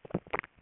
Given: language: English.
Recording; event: throat vibration sensor signal played as sound; swallow